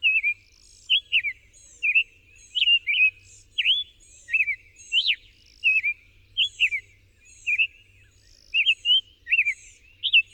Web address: Songs of Birds of North America Know Your Bird Sounds Common Western Species. Summer Tanager